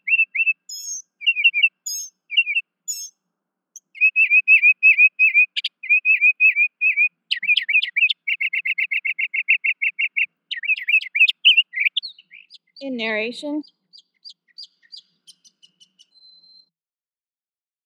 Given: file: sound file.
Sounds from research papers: Bird A. Mockingbird song material analyzed in this exploratory analysis is from five individual birds.

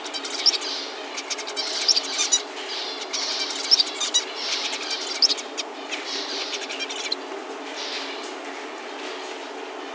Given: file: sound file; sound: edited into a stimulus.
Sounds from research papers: The Zebra finch song masked by colony noise.

